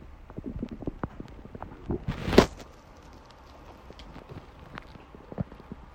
Tummy Grumblings. My tummy started gurgling so I got my phone & started recording the noise.